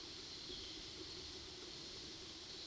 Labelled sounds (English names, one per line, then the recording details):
none
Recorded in pastures near Puerto Asís, Putumayo, Colombia, on 21 February 2024 at 14:00
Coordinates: 0.497, -76.327
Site G7276